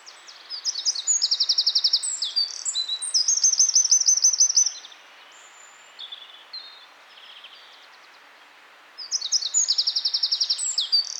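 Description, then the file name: Eurasian wren song in two long bursts of shrill notes and rattling trills, separated by several seconds of only softer scattered notes. "Troglodytes troglodytes"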